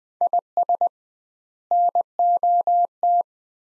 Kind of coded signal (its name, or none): Morse code